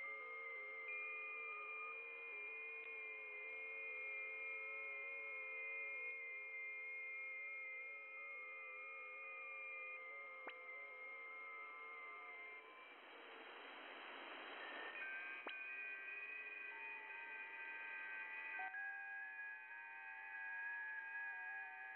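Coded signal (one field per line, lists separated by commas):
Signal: FT8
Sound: several steady warbling tones at once, slowly shifting pitch, over hiss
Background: radio static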